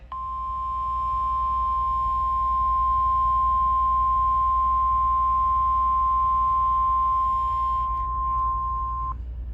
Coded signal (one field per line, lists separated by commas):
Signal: Emergency Alert System (SAME) tones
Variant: 1050 Hz attention tone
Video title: (EAS #2,667 - #2,676) THE LONG AWAITED RETURN…. SORTA…. - EAS Alerts from 3/6/26